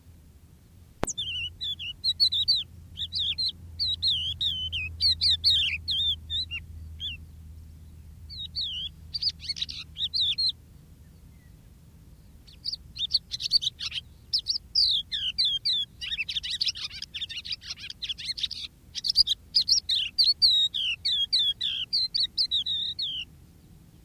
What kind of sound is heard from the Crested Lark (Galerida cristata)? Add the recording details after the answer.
song. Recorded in the wild. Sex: male. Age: adult. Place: Erlangen, OT Schallershof, Bayern, DE. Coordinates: 49.5792, 10.9736. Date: 1962-05-11. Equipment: Stellavox SM 5, Vorverstärker, Original, Vollspur. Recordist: Tretzel, Erwin